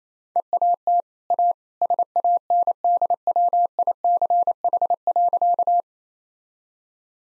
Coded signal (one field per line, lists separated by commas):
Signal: Morse code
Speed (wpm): 27 wpm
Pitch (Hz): 700 Hz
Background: none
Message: EAT A SANDWICH.